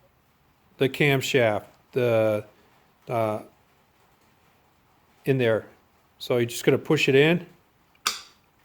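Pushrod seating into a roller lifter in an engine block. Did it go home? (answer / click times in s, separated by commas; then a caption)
yes / 8.1 s. A steel pushrod is pushed down into a roller lifter in an LS engine block during a rebuild of a 5.3 for a 1969 Camaro, seating the roller on the camshaft. Someone talks, then a short, sharp click is heard at 8.1 seconds as the pushrod seats into the lifter.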